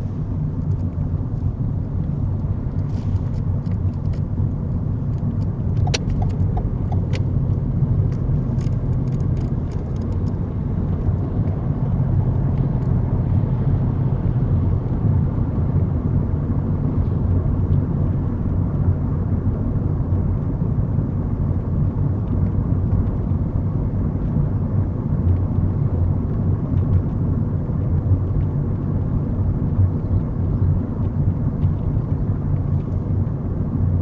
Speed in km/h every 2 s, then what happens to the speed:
26, 31, 34, 35, 37, 39, 39, 40, 40, 40, 39, 40, 40, 40, 39, 39, 39.
0-13 speeds up to 40. 13-34 steady at about 40.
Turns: none.